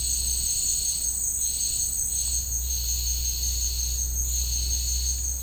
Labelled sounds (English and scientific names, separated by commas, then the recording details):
none
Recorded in dense forest near Puerto Asís, Putumayo, Colombia, on 21 March 2025 at 11:00
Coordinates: 0.485, -76.318
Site G056